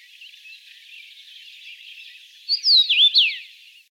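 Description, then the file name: Common rosefinch song: after a stretch of faint high twittering, one loud, clear phrase of slurred, rising and falling whistles near the end. "Chechevica obyknovennaya Carpodacus erythrinus"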